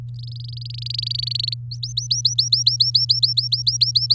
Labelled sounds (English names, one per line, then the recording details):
Domestic Canary song
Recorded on 9 May 2018 at 06:01
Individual llb16